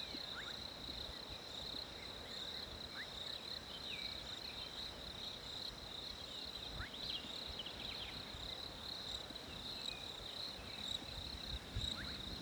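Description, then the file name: Cricket trilling steadily at a high pitch throughout, over a low hiss, while birds give occasional quick, thin chirps. Winter ambience with crickets and birds. "fresh winter crickets birds"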